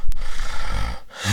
Very uncomfortable sounds of breathing while sleeping. It's actually very, very loud snoring and almost like irregular breathing or even pausing to breathe when one is asleep. It's not just harmless snoring.